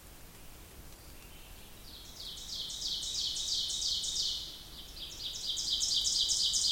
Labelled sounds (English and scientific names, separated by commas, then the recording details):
Ovenbird (Seiurus aurocapilla) song
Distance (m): 45 m
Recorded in boreal forest in Alberta, Canada, on 2 June 2016 at 08:52
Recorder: SongMeter 3, array SBT-3-7
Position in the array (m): -15 m, 73 m
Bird 7